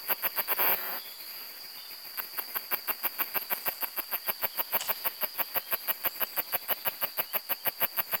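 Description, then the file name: Macedonian cicada song of rapid, regular clicking buzzes, after a short noisy rustle near the start. "macedonica"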